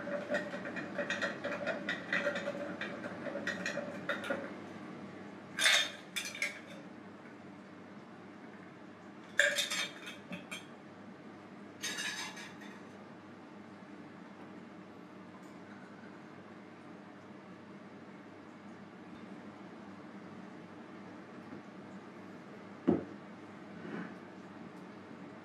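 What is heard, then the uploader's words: Bartender sounds: sharp clinks of glass and metal ring out near 6, 9–10 and 12 seconds, with lighter rattling early on. A low, steady murmur runs underneath throughout, and one last bright clink lands near 23 seconds after a quieter stretch. Bartender Sounds.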